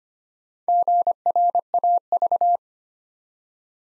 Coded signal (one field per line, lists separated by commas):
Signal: Morse code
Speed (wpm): 26 wpm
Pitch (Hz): 700 Hz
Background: none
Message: GRAV